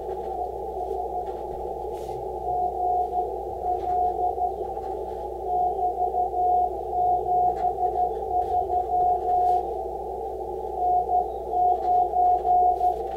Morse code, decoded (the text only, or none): ES GL <BT>73 N9